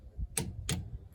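A ratcheting torque wrench runs down the second brake caliper guide pin bolt on a 2014 Kia Sportage 2.0 CRDI during a front brake disc (rotor) and pad change, giving sharp ticking. Release clicks sound at 0.4 s and 0.7 s, confirming the bolt has reached its torque setting and the second bolt is done.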